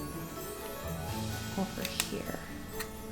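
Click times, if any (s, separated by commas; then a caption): none. A puzzle-style lamp panel is lifted and pressed toward its slot in the lamp frame while someone talks over music, with a few light handling taps. The clip ends before the piece goes home, so nothing has seated or clicked yet.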